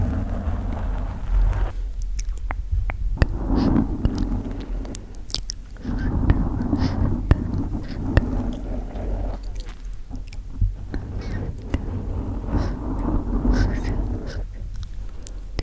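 Mic scratching and gentle mouth sounds, with soft rustling bursts that swell and pause every few seconds. Sharp little clicks and pops land irregularly throughout, over a steady low rumble that never lets up.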